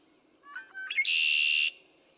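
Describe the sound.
Red-winged Blackbird with a single song: soft clipped whistles leading into a bright, harsh, sustained trill that stops abruptly.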